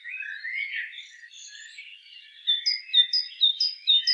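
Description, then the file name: Great tit calls starting after a jumble of lower twitters, then regular two-note phrases about twice a second. "Parus major"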